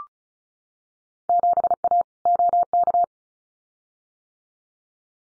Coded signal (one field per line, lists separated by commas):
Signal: Morse code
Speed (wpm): 34 wpm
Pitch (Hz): 700 Hz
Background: none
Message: 7A OK